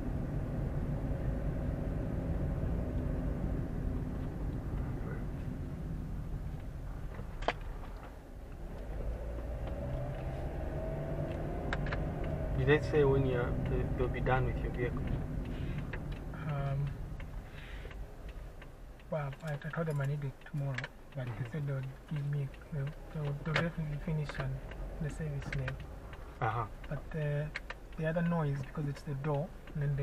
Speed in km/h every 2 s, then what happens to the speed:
25, 26, 20, 9, 10, 18, 22, 22, 9, 0, 0, 0, 7, 5, 3.
3-6 brakes to 9. 8-12 speeds up to 22. 14-18 brakes to 0. 18-23 standing. 23-30 steady at about 5.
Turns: none.